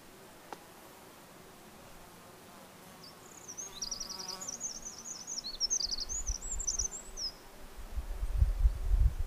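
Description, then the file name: Eurasian wren song: a rapid cascade of high trills and chattering notes lasting around four seconds, with low wind noise rising toward the end. "Troglodytes troglodytes"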